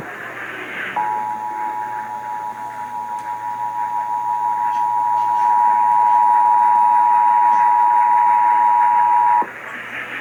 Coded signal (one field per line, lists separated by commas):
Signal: Emergency Alert System (SAME) tones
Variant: 853 and 960 Hz attention tone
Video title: BURPS AND TESTS... EAS Tests from April, 2021 (EAS #5,638 - 5,672)